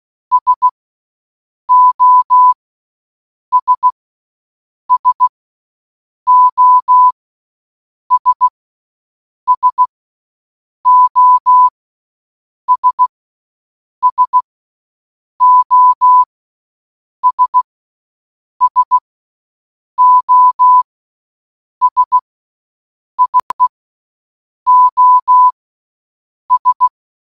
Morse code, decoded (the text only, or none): SOS SOS SOS SOS SOS IE OS